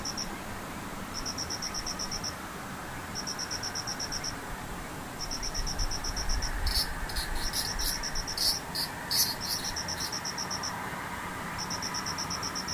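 Insects call in a steady cycle: short, high, rapidly pulsing trills about a second long, repeating every couple of seconds throughout. Midway, sharp clicks and rustling break in for a few seconds along with a low rumble, over a constant soft hiss.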